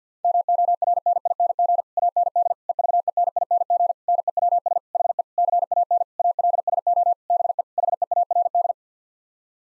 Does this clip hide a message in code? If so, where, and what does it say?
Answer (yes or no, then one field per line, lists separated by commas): yes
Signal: Morse code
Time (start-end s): 0.2-8.7 s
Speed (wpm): 50 wpm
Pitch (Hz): 700 Hz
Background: none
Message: MORNING AND EVENING NEWS HE CAN ALSO BE HEARD